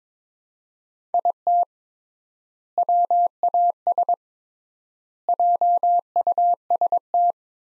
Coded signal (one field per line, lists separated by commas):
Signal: Morse code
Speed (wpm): 22 wpm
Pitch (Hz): 700 Hz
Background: none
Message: IT WAS JUST